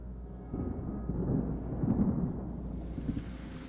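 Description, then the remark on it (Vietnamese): Heavy rain pours down over a road where people are walking, a steady wash of noise, while low rumbling thunder rolls underneath, swelling slightly toward the middle before easing off. “Trời đổ cơn mưa, mấy người đi trên đường ai nấy đều chạy vội.”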